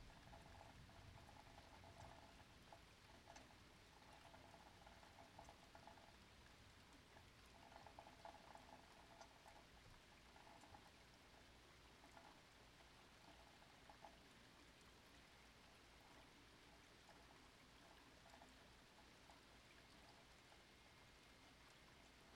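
Rain falls in a steady, dense hiss with scattered drips and splashes, plus a low rumble and a mid-pitched patter that swells and fades.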